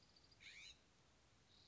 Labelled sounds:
California Scrub-Jay (Aphelocoma californica)
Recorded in Sonoma County, California

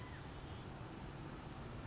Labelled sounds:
California Quail (Callipepla californica)
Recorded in Sonoma County, California

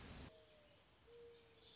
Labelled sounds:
Mourning Dove (Zenaida macroura)
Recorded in Sonoma County, California

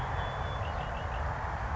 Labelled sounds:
Red-winged Blackbird (Agelaius phoeniceus)
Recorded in Sonoma County, California

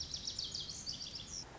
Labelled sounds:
Lazuli Bunting (Passerina amoena)
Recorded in Sonoma County, California

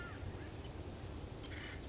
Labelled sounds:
Acorn Woodpecker (Melanerpes formicivorus)
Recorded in Sonoma County, California

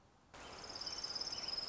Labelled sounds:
Orange-crowned Warbler (Leiothlypis celata)
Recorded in Sonoma County, California

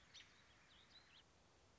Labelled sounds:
American Robin (Turdus migratorius)
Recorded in Sonoma County, California

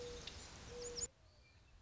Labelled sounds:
Mourning Dove (Zenaida macroura)
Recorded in Sonoma County, California

